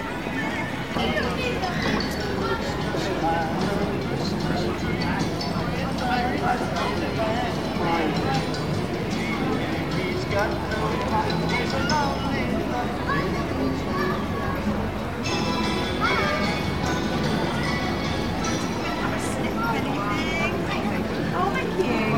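A busy Christmas market crowd, with many voices talking over one another in a steady, dense babble. A low rumble runs underneath throughout, and brighter clatters and clinks surface now and then, with a sharper burst of activity around fifteen seconds.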